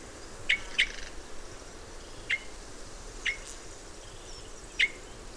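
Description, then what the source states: Red crossbill calls: five short, sharp, slightly downslurred chips, two close together near the start, then scattered single notes, over a soft steady hiss. Red crossbill of call type N.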